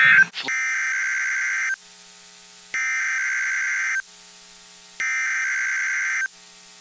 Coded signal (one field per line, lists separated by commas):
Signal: Emergency Alert System (SAME) tones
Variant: header bursts